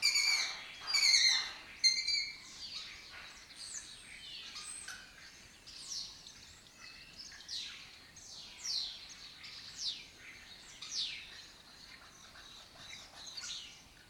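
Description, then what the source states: Lesser kestrels giving harsh, chattering calls, loud bursts in the first two seconds, then softer overlapping calls repeating irregularly. Breeding colony in an abandoned building complex in Doñana, southern Europe; migratory raptor that forages in West Africa and breeds in southern Europe.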